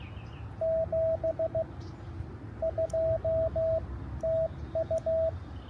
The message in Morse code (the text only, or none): 7 2 TU